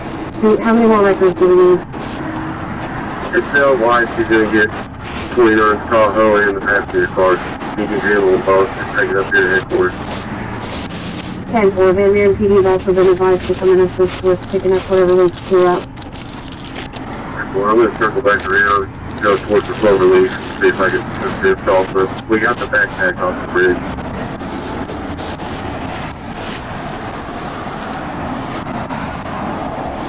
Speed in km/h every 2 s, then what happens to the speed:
0, 0, 0, 0, 0, 0, 0, 0, 0, 0, 0, 0, 0, 0, 0.
0-30 standing.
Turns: none.